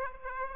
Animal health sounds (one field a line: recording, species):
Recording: mosquito wingbeat signal from an infrared sensor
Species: Aedes aegypti